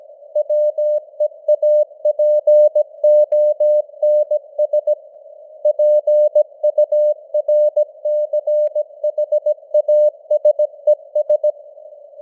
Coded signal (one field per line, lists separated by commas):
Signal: Morse code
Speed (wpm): 17 wpm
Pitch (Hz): 600 Hz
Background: none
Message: WEAPONS PURCHASES